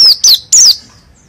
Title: burung pleci dakun jatim joss edan ngalas ngerol gacor calon juara(milik om doddy cikarang)